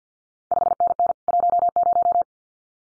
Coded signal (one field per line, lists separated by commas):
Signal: Morse code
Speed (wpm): 50 wpm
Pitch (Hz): 700 Hz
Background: none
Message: 5NN 10